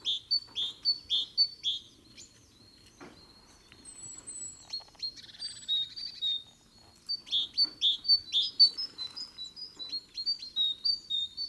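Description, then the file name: Great tit calling in rapid bursts of sharp high chirps, pausing between series, with a few softer scattered notes and faint background noise. "Parus major"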